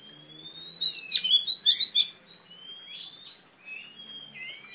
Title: Kacer Juara 1 Nasional gacor kacer juara nasional jawa timur kacer tarung betina poci gacor hitam